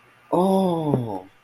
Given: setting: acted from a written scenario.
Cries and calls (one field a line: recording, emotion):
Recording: vocal sound without words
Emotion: realization